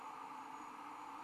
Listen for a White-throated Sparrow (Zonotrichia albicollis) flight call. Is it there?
no